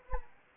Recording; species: mosquito wingbeat signal from an infrared sensor; Anopheles arabiensis